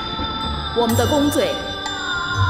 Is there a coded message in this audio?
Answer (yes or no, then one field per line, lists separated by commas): no